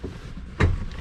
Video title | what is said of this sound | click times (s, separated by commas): Coachmen Galleria 24A Review - Mercedes Sprinter Van Class B RV Conversion | clicks into place | 0.6 s